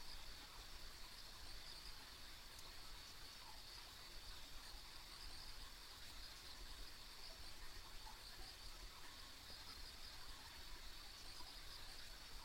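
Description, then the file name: High, rapid insect chirping runs without pause, a shimmering steady trill above a persistent low rushing noise. Ambient insect sounds recorded along a country road. "田舎道の虫の環境音"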